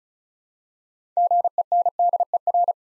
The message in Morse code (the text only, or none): GENDER